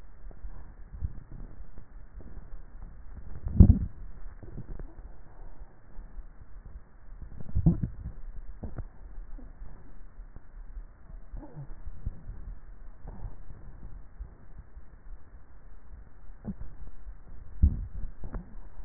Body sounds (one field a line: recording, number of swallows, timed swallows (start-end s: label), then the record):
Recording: swallowing sounds by neck microphone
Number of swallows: 3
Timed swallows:
3.28-4.32 s: swallow
7.42-8.28 s: swallow
17.35-18.12 s: swallow
From the record:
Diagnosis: dysphagia